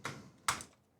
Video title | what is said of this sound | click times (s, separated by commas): Tidradio TD-H8 Review - GMRS / Ham Radio - Don't Buy It Until You Watch THIS! - Tidradio H8 | it clicks into place and as we can see here tid radio it has an FCC ID and | 0.5 s